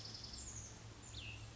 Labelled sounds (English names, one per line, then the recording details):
Cassin's Vireo
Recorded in Sonoma County, California